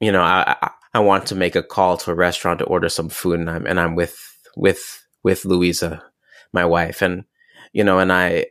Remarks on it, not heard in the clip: Stuttering as an heirloom, something “precious and worthy of being cherished.”. The inherited genetic trait. I'm feeling sort of stuttered out for the day.